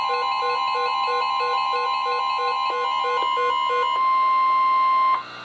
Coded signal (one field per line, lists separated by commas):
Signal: Emergency Alert System (SAME) tones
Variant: 1050 Hz attention tone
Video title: EAS #244-#266: Spot the Difference | KHB36, WNG736, KEC83, & WXM42